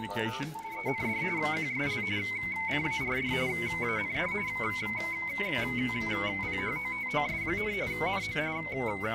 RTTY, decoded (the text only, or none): END QSL CARD AND PHOTOS, NO